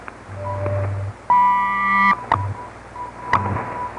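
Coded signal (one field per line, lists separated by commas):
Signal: radio time signal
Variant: WWV/WWVH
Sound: steady low hum and 600 Hz tone, clicks each second, then a loud long beep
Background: radio static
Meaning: The long tone marks the start of the announced minute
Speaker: at the tone nine hours 29 minutes coordinated universal time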